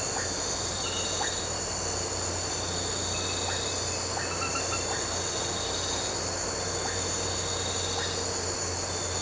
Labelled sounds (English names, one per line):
none